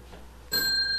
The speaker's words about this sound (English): Oh, okay. It got sent. I heard the bell.